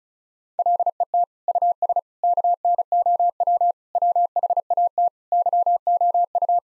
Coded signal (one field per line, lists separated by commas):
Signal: Morse code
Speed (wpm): 34 wpm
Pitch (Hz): 700 Hz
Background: none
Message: LET US KNOW WHAT YOU